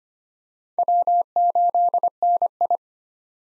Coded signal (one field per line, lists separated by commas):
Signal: Morse code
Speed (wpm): 25 wpm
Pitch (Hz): 700 Hz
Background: none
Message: W8NI